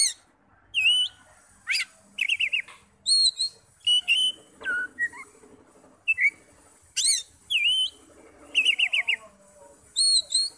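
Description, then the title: Oriental magpie-robin singing varied whistles, upward sweeps and warbled trills in steady short phrases, with a faint background hum. "Kacer"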